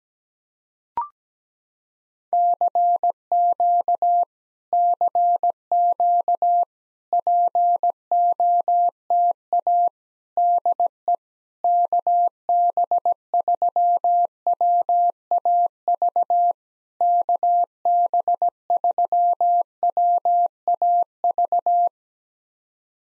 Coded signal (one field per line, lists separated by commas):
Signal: Morse code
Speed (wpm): 17 wpm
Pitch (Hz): 700 Hz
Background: none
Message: CQ CQ POTA DE KB3WAV KB3WAV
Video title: POTA QSO Practice - 17wpm